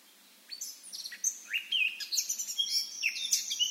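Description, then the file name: Eurasian blackcap song, a fast, varied warble of high chirps and slurred notes, starting after a brief silence. "Sylvia atricapilla"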